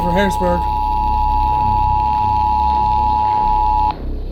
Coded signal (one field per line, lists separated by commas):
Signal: Emergency Alert System (SAME) tones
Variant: 853 and 960 Hz attention tone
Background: speech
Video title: PURE MAYHEM 9... | EAS Alerts from 6/30-7/1/25 | EAS#2,227-2,335